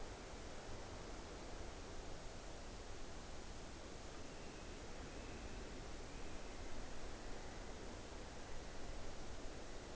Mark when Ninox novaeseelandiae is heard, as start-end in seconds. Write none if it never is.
none